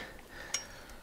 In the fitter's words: Voilà, et ça s'emboîte.